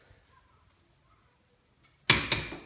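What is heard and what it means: A click-type torque wrench tightens a bolt that has already been torqued, so the wrench barely turns before it reaches its setting. After near silence, a loud, sharp click lands at 2.1 s, followed by a softer second click at 2.3 s that rings out. The wrench has clicked at its set torque.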